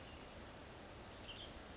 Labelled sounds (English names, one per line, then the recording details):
Western Tanager
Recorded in Sonoma County, California